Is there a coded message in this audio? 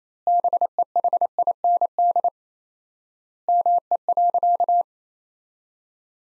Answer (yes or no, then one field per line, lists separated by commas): yes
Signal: Morse code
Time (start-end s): 0.3-4.8 s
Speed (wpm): 28 wpm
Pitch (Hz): 700 Hz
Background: none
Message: BEHIND ME.